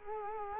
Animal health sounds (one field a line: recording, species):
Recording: mosquito wingbeat signal from an infrared sensor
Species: Culex quinquefasciatus